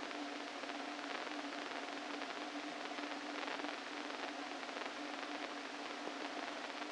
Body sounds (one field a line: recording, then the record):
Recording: brain microelectrode recording played as sound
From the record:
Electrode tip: inside the subthalamic nucleus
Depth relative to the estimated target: -2 mm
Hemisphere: left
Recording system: NeuroSet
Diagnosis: Parkinson's disease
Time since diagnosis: 13 years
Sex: male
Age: 49 years